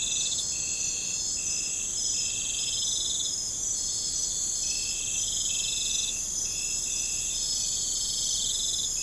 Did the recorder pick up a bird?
no